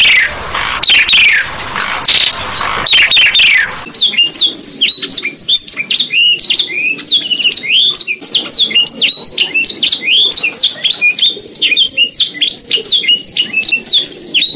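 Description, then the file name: Canary song of rapid high chirped notes, opening with several harsh, distorted loud bursts before settling into a steady, fast stream of chirps. Canary song in the 'isian' style, version 2. "suara kenari isian v 2"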